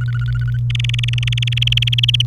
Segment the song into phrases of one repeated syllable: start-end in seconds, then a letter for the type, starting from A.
0.00-0.57 A, 0.70-2.22 B